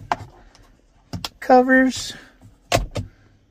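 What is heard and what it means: Two small plastic fastener covers on a car's interior dome light housing, just reinstalled in the headliner, are pressed closed and give sharp snaps at 0.1 s and 1.3 s as they seat. Someone talks between and after the snaps.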